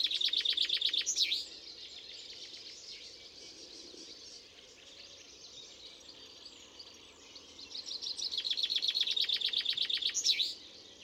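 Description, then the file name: Common chaffinch singing two bouts, the first cut short at the start, each a quick run of repeated high notes ending in a short flourish, with a faint bird chorus between. "Fringilla coelebs"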